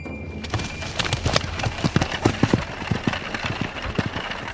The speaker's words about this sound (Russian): Привычно месили копытами дорожную грязь, отдохнувшие за ночь кони.